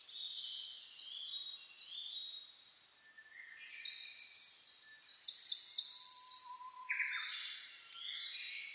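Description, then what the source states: Bird: dawn chorus with dense high chirps and twitters, louder sharp notes in the middle, and a lower descending phrase near the end. Dawn chorus recorded 10 May 2010 at about 04:01.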